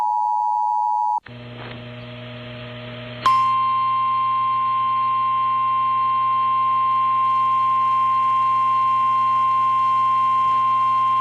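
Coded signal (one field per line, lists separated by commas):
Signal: Emergency Alert System (SAME) tones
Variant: 853 and 960 Hz attention tone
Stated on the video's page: Compilation of Oklahoma alerts, the maker's own personal captures.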